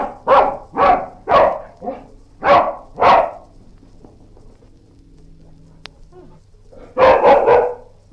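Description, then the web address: Dog barking harshly in a quick run of several barks, then a low rumbling growl, then another rapid burst of barks. Angry barking and growls. "Sound Effects-BBC Dog"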